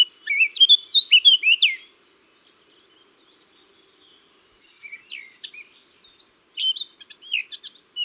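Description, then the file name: Eurasian blackcap warbling song: a bright fluty burst, a silent gap of about three seconds, then renewed rapid varied twittering. "Sylvia atricapilla"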